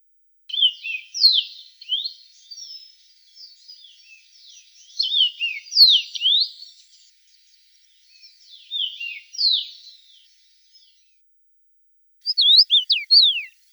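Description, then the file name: Common rosefinch song: several bursts of quick, bright, slurred, mostly falling whistled notes with pauses between, then a final short phrase. Recorded in Russia. "Pticy Rossii - Obyknovennaya chechevica Carpodacus erythrinus"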